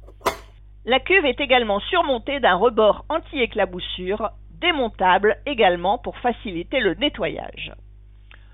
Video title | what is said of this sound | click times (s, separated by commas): ActiFry Extra de Tefal : Test complet de la friteuse à air (sans huile) - FZ722815 ou FZ722015 | jusqu'à entendre le clic de son bon positionnement. | 0.3 s